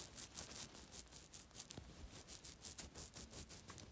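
Quick, fine crackling bursts made by rubbing hair near a microphone, imitating the crackles (crepitations) of the lungs heard in high altitude pulmonary edema (HAPE).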